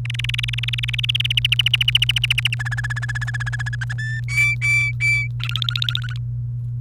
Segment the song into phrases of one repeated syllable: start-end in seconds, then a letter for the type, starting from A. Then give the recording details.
0.05-1.32 A, 1.37-2.55 B, 2.59-3.75 C, 3.81-3.93 D, 3.98-4.20 E, 4.28-5.27 F, 5.40-6.20 G. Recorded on 29 April 2018 at 11:42. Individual llb3